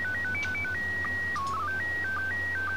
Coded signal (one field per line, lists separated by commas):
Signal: SSTV (slow-scan television)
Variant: PD 120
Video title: 02 SSTV Part 2 Demo Image - Image size that will convert